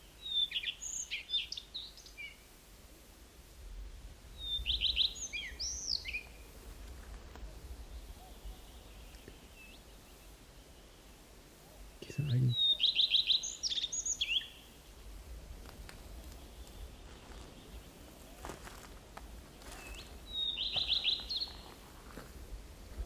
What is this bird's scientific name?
Phoenicurus phoenicurus